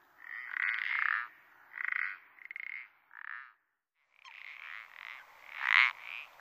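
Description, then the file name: Common parsley frog calls: a series of creaky, pulsed croaks, then a brief silence, then more croaks including a louder one near the end. "pelodyte-ponctué"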